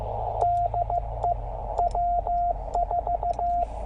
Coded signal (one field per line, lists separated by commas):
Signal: Morse code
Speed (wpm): 15 wpm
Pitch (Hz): 690 Hz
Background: radio noise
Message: DE W4